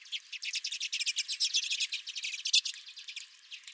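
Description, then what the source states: Chattering redpolls, brisk rattling twitter notes tumbling over each other, easing slightly near the end. Redpolls at the recordist's own feeder.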